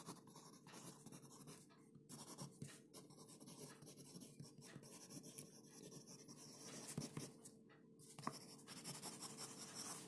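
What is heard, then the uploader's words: Quiet scratching of a pen across paper runs through the whole stretch, with soft rustles and small taps in an irregular rhythm. Brief louder brushes stand out around two, seven and eight seconds, over a faint steady hum. Ticking of the clock, writing ASMR, page flipping and typing.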